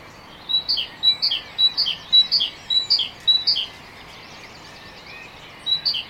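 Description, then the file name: Great tit song: a bright two-note phrase, high then lower, repeated several times in quick rhythm, a pause, then the phrase starting again near the end. "Parus major"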